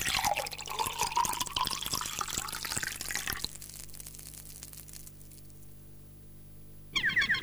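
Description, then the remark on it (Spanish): Water runs and splashes in a steady hiss for a few seconds, then fades to scattered soft drips before a brief burst of flowing water returns at the end. “Hay uno que sí, el agua, fuente de vida.”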